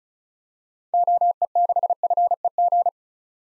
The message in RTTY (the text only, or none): none